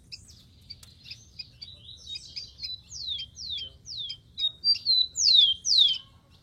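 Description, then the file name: Rufous-collared sparrow song, a string of whistled notes turning into a series of falling slurs that grow louder toward the end, over faint ticking. "canto do tico tico"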